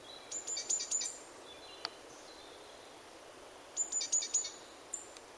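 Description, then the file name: Great tit calls: short rapid series of thin, very high notes over a steady background hiss. "Parus major"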